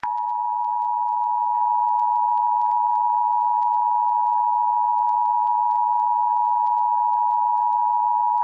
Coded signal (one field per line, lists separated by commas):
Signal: Emergency Alert System (SAME) tones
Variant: 853 and 960 Hz attention tone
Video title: EAS Scenario 4: Try Your Luck (Late St. Patrick’s Day Special)